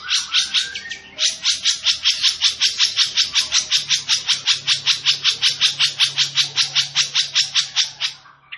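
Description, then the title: Long-tailed shrike chattering song: a brief mixed phrase, then a steady, rapid string of sharp, high notes. Singing vigorously. "Cendet Gacor"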